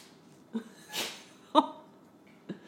One of our dogs is having a sneezing fit over here. He's sneezing his face off over there.